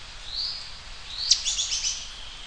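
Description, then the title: Bird song, a thin high whistle followed by a burst of sharp, jumbled high chips, over constant background hiss. "LuckyPassaro Completos2Sama"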